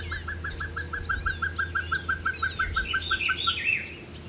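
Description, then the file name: Pacific pygmy owl giving a steady series of many short, evenly spaced toots, with thin chirps of other birds above. "Glaucidium peruanum - Pacific Pygmy Owl"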